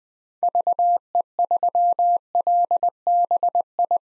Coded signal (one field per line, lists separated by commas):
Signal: Morse code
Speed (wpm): 20 wpm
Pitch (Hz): 700 Hz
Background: none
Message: VE3LBI